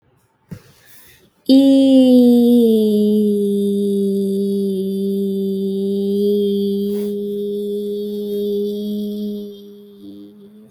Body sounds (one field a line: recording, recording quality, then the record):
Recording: sustained vowel as in beet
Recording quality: excellent, no background noise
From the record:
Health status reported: healthy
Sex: female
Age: 30 years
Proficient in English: yes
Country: India